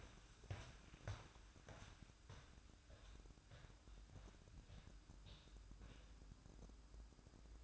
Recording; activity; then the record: daily activity, microphone in the room; walk to room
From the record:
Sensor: 2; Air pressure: 1008.0 hPa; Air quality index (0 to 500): 116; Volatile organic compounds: 1 ppm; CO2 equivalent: 868 ppm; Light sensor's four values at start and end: 8/18/8/8 and 7/18/7/7